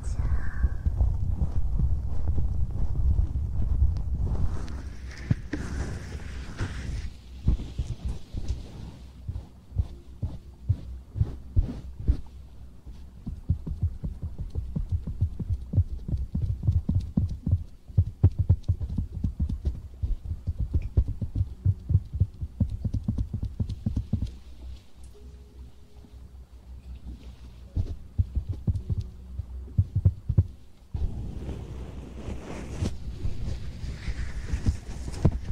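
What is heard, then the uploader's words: Ear cleaning and ear massage with a dense, low rumbling texture, full of rapid tapping and crackling that comes and goes unevenly. Brighter scratchy rubbing flares up around 5–8 seconds and again near the end, with a thumping beat underneath. ASMR Ear cleaning & Ear massage.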